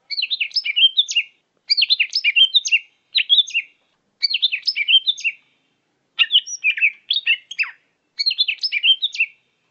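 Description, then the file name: Leafbird singing in repeated phrases of tumbling, warbled notes, each phrase about one second long with brief gaps between, clean background. Greater green leafbird song from Medan. "suara cucak hjau medan"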